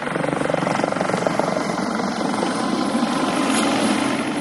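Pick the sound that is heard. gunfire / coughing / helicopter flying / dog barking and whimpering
helicopter flying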